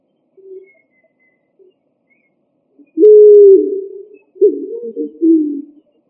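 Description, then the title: Pigeon coo: a few faint short notes, then a long, low, falling coo and a rougher, wavering second phrase. "Columbidae Pomba"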